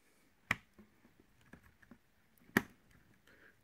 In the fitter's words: ist ja eingerastet jetzt